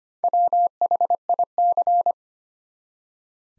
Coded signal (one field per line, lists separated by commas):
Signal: Morse code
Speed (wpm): 25 wpm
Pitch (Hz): 700 Hz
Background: none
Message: WHIC